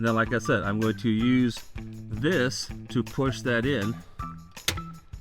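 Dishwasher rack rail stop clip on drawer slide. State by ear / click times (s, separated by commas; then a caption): seated / 4.7 s. Someone talks while using a tool to push in the other side of a KitchenAid dishwasher rack, after the back is seated, pressing the plastic rail stop clip onto the drawer slide. The plastic stop snaps home with a sharp click at 4.7 s, and the clip is seated.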